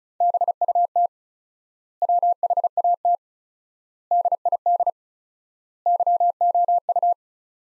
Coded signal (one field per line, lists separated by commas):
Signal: Morse code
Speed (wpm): 36 wpm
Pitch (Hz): 700 Hz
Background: none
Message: BUT WHAT DID YOU